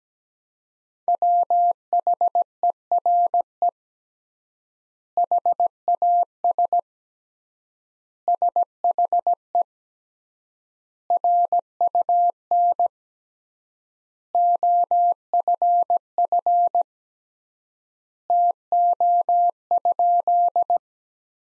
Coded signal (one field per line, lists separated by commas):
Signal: Morse code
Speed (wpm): 17 wpm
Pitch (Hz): 700 Hz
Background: none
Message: WHERE HAS SHE RUN OFF TO?